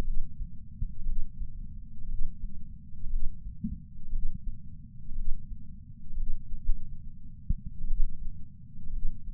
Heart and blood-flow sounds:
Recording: heart sounds by patch sensor on the chest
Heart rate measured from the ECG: 61 bpm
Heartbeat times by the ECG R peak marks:
1.05 s: heartbeat
2.07 s: heartbeat
3.08 s: heartbeat
4.11 s: heartbeat
5.14 s: heartbeat
6.15 s: heartbeat
6.62 s: heartbeat
7.86 s: heartbeat
8.91 s: heartbeat
From the record:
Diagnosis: coronary artery disease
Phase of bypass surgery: preoperative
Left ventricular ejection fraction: 61.1%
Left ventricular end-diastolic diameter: 60 mm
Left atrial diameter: 40 mm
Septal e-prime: 7.9 cm/s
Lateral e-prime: 9.6 cm/s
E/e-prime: 7.5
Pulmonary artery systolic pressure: 34 mmHg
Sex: male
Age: 65 years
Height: 168 cm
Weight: 73 kg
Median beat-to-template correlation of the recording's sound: 0.92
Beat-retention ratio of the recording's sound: 1.00

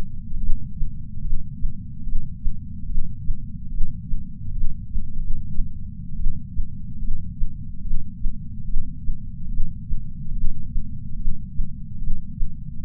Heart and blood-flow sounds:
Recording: heart sounds by patch sensor on the chest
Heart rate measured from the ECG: 72 bpm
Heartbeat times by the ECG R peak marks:
0.38 s: heartbeat
1.21 s: heartbeat
2.04 s: heartbeat
2.86 s: heartbeat
3.69 s: heartbeat
4.52 s: heartbeat
5.18 s: heartbeat
6.16 s: heartbeat
6.99 s: heartbeat
7.82 s: heartbeat
8.65 s: heartbeat
9.49 s: heartbeat
10.33 s: heartbeat
11.16 s: heartbeat
11.99 s: heartbeat
12.82 s: heartbeat
From the record:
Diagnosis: coronary artery disease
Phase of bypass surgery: intraoperative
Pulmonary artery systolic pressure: 29 mmHg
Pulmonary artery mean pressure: 19 mmHg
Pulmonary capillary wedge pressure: 12 mmHg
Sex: female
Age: 65 years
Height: 153 cm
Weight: 51.5 kg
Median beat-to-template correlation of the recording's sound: 0.95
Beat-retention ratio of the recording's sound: 0.99

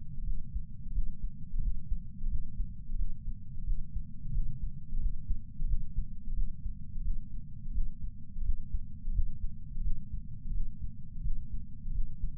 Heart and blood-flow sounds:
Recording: heart sounds by patch sensor on the chest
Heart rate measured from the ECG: 87 bpm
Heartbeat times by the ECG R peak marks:
0.24 s: heartbeat
0.92 s: heartbeat
1.60 s: heartbeat
2.28 s: heartbeat
2.96 s: heartbeat
3.64 s: heartbeat
4.32 s: heartbeat
4.99 s: heartbeat
5.66 s: heartbeat
6.34 s: heartbeat
7.02 s: heartbeat
7.72 s: heartbeat
8.43 s: heartbeat
9.12 s: heartbeat
9.82 s: heartbeat
10.52 s: heartbeat
11.22 s: heartbeat
11.92 s: heartbeat
From the record:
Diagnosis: coronary artery disease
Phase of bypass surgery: postoperative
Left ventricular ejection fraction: 48.9%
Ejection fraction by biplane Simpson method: 50.6%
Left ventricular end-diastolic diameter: 48 mm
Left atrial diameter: 31 mm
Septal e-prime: 7.6 cm/s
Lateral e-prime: 9.6 cm/s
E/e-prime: 6.6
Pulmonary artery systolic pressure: 23 mmHg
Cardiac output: 5.5 L/min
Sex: male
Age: 60 years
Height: 174 cm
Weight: 72 kg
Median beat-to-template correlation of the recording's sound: 0.83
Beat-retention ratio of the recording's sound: 0.99

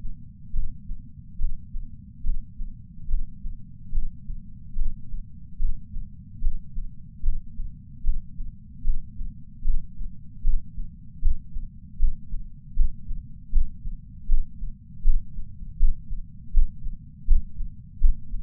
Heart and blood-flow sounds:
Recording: heart sounds by patch sensor on the chest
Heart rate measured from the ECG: 76 bpm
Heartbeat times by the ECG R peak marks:
0.52 s: heartbeat
1.38 s: heartbeat
2.23 s: heartbeat
3.07 s: heartbeat
3.91 s: heartbeat
4.75 s: heartbeat
5.58 s: heartbeat
6.40 s: heartbeat
7.22 s: heartbeat
8.03 s: heartbeat
8.84 s: heartbeat
9.64 s: heartbeat
10.43 s: heartbeat
11.21 s: heartbeat
11.98 s: heartbeat
12.75 s: heartbeat
13.52 s: heartbeat
14.28 s: heartbeat
15.04 s: heartbeat
15.79 s: heartbeat
16.53 s: heartbeat
17.27 s: heartbeat
18.00 s: heartbeat
From the record:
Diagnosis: coronary artery disease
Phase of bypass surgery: intraoperative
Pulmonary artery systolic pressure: 30 mmHg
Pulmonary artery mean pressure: 20 mmHg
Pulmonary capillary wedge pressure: 14 mmHg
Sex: male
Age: 62 years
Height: 165 cm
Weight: 72 kg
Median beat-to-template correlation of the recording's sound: 0.95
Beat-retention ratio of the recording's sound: 0.98

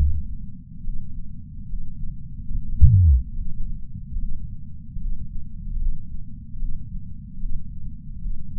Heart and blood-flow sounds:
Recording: heart sounds by patch sensor on the chest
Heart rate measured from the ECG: 73 bpm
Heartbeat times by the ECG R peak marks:
0.83 s: heartbeat
1.68 s: heartbeat
2.51 s: heartbeat
3.34 s: heartbeat
4.18 s: heartbeat
4.99 s: heartbeat
5.78 s: heartbeat
6.58 s: heartbeat
7.39 s: heartbeat
8.20 s: heartbeat
From the record:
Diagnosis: coronary artery disease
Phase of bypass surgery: preoperative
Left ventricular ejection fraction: 61.7%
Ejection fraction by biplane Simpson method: 55%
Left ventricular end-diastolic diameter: 51 mm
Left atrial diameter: 36 mm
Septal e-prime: 7.9 cm/s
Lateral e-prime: 10.3 cm/s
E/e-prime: 9.8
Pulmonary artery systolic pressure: 23 mmHg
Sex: male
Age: 58 years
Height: 160 cm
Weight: 70 kg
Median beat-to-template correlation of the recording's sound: 0.83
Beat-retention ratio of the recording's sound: 0.99

